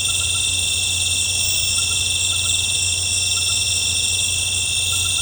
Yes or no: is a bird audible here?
no